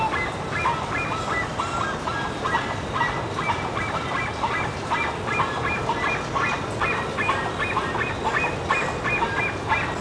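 Bird calls: many honking notes in irregular clusters, beneath a continuous hiss and rumble.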